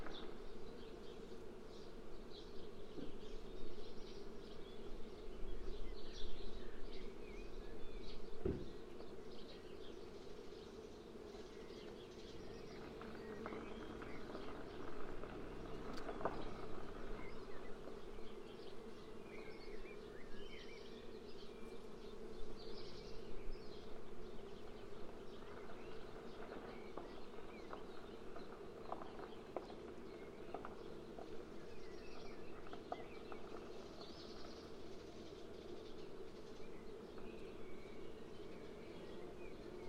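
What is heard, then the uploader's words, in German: Bees swarm in a flowering linden tree, their combined buzzing forming a dense, steady low hum that fills the whole forty seconds. Individual insects grow louder now and then, especially around the middle, while faint bird calls and scattered clicks sound. Bienchen in der Linde.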